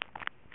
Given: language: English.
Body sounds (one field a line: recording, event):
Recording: throat vibration sensor signal played as sound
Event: swallow